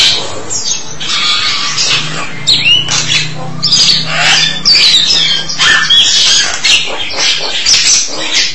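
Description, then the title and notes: Starling song, a dense, continuous jumble of harsh chattering, squeaks and sliding whistles without a break. "suara burung jalak"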